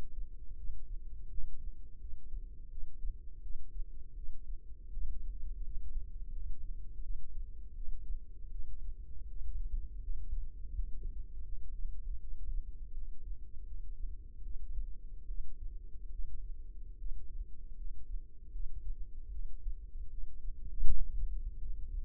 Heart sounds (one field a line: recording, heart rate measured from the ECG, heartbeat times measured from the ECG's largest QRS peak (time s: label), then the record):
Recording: heart sounds by microphone in the left ear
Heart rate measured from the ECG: 80 bpm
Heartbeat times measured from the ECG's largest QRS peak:
0.56 s: heartbeat
1.30 s: heartbeat
1.99 s: heartbeat
2.69 s: heartbeat
3.41 s: heartbeat
4.15 s: heartbeat
4.91 s: heartbeat
5.63 s: heartbeat
6.31 s: heartbeat
7.02 s: heartbeat
7.74 s: heartbeat
8.50 s: heartbeat
9.27 s: heartbeat
10.01 s: heartbeat
10.71 s: heartbeat
11.44 s: heartbeat
12.19 s: heartbeat
12.93 s: heartbeat
13.65 s: heartbeat
14.42 s: heartbeat
15.26 s: heartbeat
16.10 s: heartbeat
16.97 s: heartbeat
17.75 s: heartbeat
18.51 s: heartbeat
19.31 s: heartbeat
20.09 s: heartbeat
20.84 s: heartbeat
21.57 s: heartbeat
From the record:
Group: healthy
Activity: rest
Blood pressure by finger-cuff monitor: 131/80 mmHg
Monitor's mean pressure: 98 mmHg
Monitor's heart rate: 80 bpm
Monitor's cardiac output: 7.2 L/min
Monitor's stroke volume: 90 mL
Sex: female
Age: 22 years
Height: 161 cm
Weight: 65.5 kg